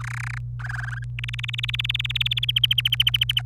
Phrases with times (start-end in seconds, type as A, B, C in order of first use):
0.01-0.38 A, 0.59-1.04 B, 1.19-2.45 C, 2.48-3.41 D